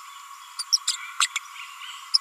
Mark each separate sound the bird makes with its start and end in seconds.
0.59-0.62, 0.72-0.77, 0.87-0.96, 1.21-1.26, 1.35-1.38, 2.14-2.18